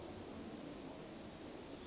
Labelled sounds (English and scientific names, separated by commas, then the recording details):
Yellowhammer (Emberiza citrinella) song
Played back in forest
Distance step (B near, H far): G
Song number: 124